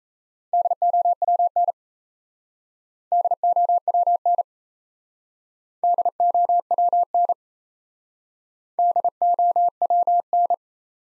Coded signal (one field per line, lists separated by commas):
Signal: Morse code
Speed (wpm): 36 wpm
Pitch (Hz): 700 Hz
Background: none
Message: DOWN DOWN DOWN DOWN